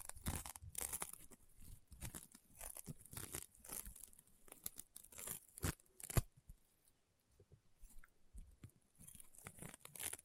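Rainbow honeycomb slime being squeezed gives off dense, crackly crunching and sharp popping bursts. The pops come in rapid irregular clusters, with one especially loud snap near six seconds. A brief quieter lull follows around seven to eight seconds before the crunching resumes.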